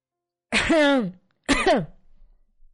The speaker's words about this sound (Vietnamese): Vợ cụm hắng giọng. Tôi biết ý, không dám hỏi nữa.